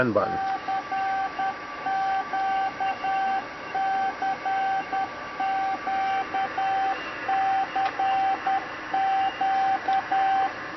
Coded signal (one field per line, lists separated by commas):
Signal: Morse code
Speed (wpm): 10 wpm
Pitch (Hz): 770 Hz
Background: speech, radio noise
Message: CQCQCQ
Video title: Arduino CW straight keyer for amateur radio